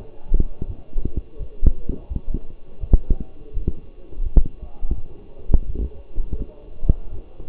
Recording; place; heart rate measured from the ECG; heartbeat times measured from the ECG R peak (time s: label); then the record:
heart sounds by stethoscope; between the tricuspid and mitral areas; 84 bpm
0.66 s: heartbeat
1.38 s: heartbeat
2.08 s: heartbeat
2.80 s: heartbeat
3.53 s: heartbeat
4.23 s: heartbeat
4.94 s: heartbeat
5.66 s: heartbeat
6.37 s: heartbeat
7.10 s: heartbeat
From the record:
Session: walking at 3.7 km/h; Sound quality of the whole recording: partially saturated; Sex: male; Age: 24 years